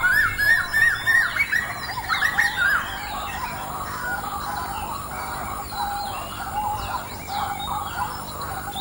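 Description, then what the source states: Waterbirds calling in a dense chorus, with loud, rapidly repeated yelping notes over the first three seconds, then a softer, continuous babble of overlapping calls. Waterbirds recorded at dawn.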